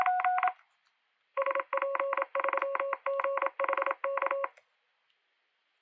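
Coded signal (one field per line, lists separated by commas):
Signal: Morse code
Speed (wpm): 27 wpm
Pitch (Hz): 550 Hz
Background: none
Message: SP3GHK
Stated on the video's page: RufzXP callsign copy practice at 25-31 WPM in preparation for CQ WW CW contest.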